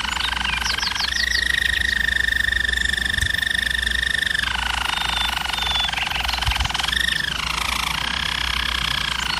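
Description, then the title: German Roller canary song with a long, even held note that drops into a lower roll, then rises again briefly before settling; low background hum throughout. Canary training recording of a German Roller canary singing. "German Roller Canary Singing - Canary Training Vid"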